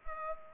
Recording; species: mosquito wingbeat signal from an infrared sensor; Culex pipiens